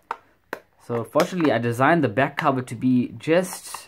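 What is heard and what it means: A snap-fit 3D-printed plastic back cover is pried off a speaker enclosure to show the battery inside, designed to snap into place. Two sharp snaps are heard at 0.1 s and 0.5 s as it comes off, and then someone talks. The cover is released.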